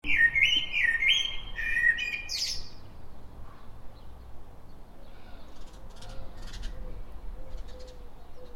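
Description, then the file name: Common blackbird gives a loud, melodious fluted phrase ending in a squeaky high flourish, then quiet follows with faint low whistled notes. "Turdus merula"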